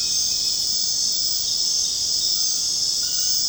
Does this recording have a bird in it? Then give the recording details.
no. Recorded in secondary vegetation near Puerto Asís, Putumayo, Colombia, on 29 June 2025 at 20:30. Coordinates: 0.484, -76.319. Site G074